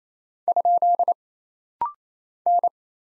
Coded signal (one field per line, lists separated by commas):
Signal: Morse code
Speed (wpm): 27 wpm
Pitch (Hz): 700 Hz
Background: none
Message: ? N